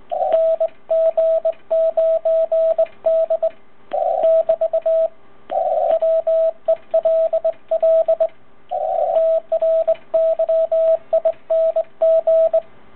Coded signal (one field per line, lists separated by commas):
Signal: Morse code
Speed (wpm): 20 wpm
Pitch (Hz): 650 Hz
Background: radio noise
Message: NG9D <BT> WELL TRYING